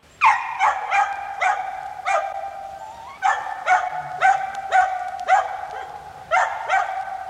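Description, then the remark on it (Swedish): A man's voice imitates a dachshund's yappy barking: about a dozen sharp, high-pitched barks in quick, uneven bursts with brief pauses, loud and alone without talk. “Du kanske blir intresserad här om du hör mig imitera hunden till exempel.”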